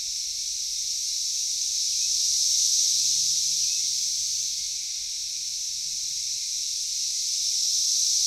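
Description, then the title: A high, steady cicada drone rises and falls gently, with a faint low hum underneath for a few seconds. Cicadas calling in a backyard in Knoxville, Tennessee, USA. "3619 Alpine Dr SE, Knoxville, TN 37920, USA - Backyard Cicadas"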